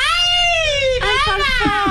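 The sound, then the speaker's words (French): A child bawls in a loud, sustained high-pitched wail that sags slightly in pitch, breaks briefly, then resumes with wavering, sobbing catches for almost two seconds. “Oh, dès qu'il se met à parler, il se met à brailler, putain.”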